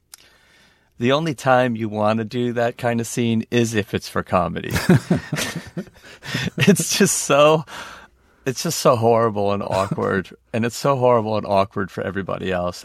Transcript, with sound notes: The only time you want to do that kind of scene is if it's for comedy.
(Laughter).
It's just so horrible and awkward, and it's so horrible and awkward for everybody else.